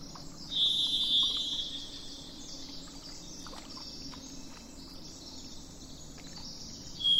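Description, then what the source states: Thrush song: one prolonged steady whistle near the start and another beginning at the close, over a constant wash of high hiss and low rumble. 27 April 2004, with truck noise in the background.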